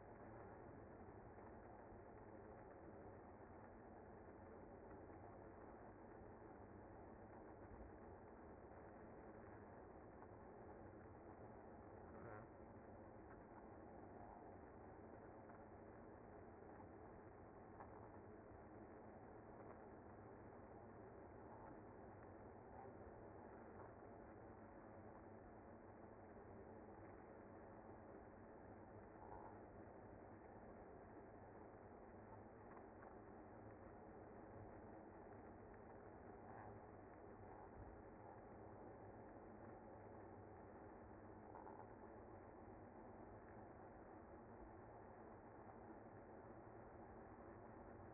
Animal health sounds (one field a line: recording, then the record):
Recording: honeybee colony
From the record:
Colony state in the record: active